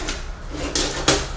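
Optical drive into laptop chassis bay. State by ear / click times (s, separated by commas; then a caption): seated / 0.8 s. During reassembly of an HP DV9000 laptop, a CD/DVD optical drive is slid into its bay in the chassis, to be held in place afterward with a screw from the bottom side. Over a low steady hum, a single sharp knock at 0.8 s marks the drive clicking into place, followed by another bright broadband burst at about 1.1 s. The drive is seated.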